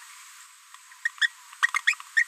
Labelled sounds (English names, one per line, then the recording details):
Green-rumped Parrotlet babbling
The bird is a female
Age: 30 days
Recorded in a nest box in Venezuela
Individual 17B73B3